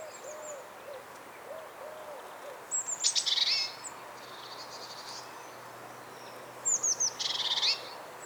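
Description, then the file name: Great tit giving two buzzy churring bursts, each led by thin high notes, with soft low repeated notes early on. "Parus major"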